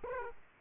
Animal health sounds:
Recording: mosquito wingbeat signal from an infrared sensor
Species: Aedes aegypti

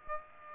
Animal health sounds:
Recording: mosquito wingbeat signal from an infrared sensor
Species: Aedes aegypti

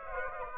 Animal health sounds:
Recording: mosquito wingbeat signal from an infrared sensor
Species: Aedes aegypti

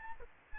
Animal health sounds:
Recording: mosquito wingbeat signal from an infrared sensor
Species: Aedes albopictus

